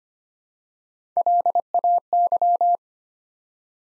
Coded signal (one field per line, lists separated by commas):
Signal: Morse code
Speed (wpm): 25 wpm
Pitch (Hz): 700 Hz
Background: none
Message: LAY